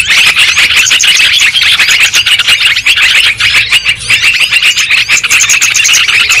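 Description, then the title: Lovebird chorus of piercing squeaks and rapid twittering notes, many birds calling together without a break. Lure sound used for trapping birds. "PIKAT BURUNG LOVEBIRD"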